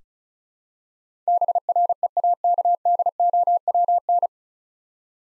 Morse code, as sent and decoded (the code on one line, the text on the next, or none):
-... .-. . .- -.- -.. --- .-- -.
BREAKDOWN